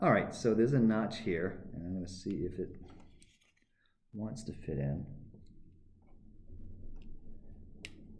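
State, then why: Seated. Someone talks while a small plastic part of a scale M3 Stuart light tank model is pushed into a notch on the hull. After a quiet stretch, faint handling sounds lead to a sharp click at 7.9 s as the part pops right in and seats.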